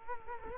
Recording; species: mosquito wingbeat signal from an infrared sensor; Culex quinquefasciatus